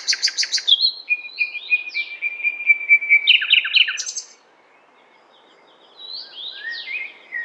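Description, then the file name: Common nightingale song opening with a fast dry rattle, then a long series of whistled and slurred notes and a buzzy burst, a pause, then fainter rising phrases. "Luscinia megarhynchos"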